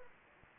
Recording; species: mosquito wingbeat signal from an infrared sensor; Anopheles arabiensis